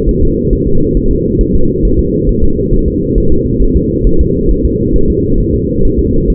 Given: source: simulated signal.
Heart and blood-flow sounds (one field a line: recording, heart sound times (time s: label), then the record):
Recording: fetal heart sounds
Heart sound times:
0.09 s: S1
0.23 s: S2
0.53 s: S1
0.67 s: S2
0.97 s: S1
1.11 s: S2
1.41 s: S1
1.55 s: S2
1.85 s: S1
1.99 s: S2
2.29 s: S1
2.44 s: S2
2.74 s: S1
2.88 s: S2
3.18 s: S1
3.32 s: S2
3.62 s: S1
3.77 s: S2
4.07 s: S1
4.21 s: S2
4.51 s: S1
4.65 s: S2
4.96 s: S1
5.10 s: S2
5.40 s: S1
5.55 s: S2
5.85 s: S1
5.99 s: S2
6.30 s: S1
From the record:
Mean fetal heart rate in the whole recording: 135 bpm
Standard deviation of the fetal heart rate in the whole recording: 3 bpm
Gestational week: 36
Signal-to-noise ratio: -17.7 dB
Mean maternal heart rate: 72 bpm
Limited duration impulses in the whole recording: present